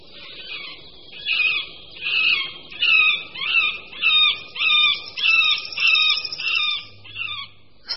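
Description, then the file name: Middle spotted woodpecker call series: nasal, harsh notes repeated steadily, several in a row, then a pause. "Strakapoud-prostřední"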